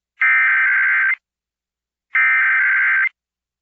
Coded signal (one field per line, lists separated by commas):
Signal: Emergency Alert System (SAME) tones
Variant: header bursts